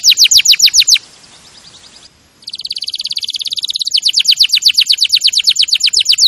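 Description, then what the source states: Canary song: fast downslurred whistled notes in a trill, a brief quiet pause, then a buzzy rolling phrase followed by another long series of downslurred notes. Champion canary song used as a master recording for training other birds.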